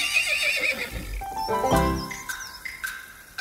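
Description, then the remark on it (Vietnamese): A young horse lets out a shrill, wavering whinny that swells and quivers, trailing into a few shorter high-pitched squeals, with no voices present. “Vậy là hai anh em trai cãi vã để xem ai mới là người được giữ con ngựa non.”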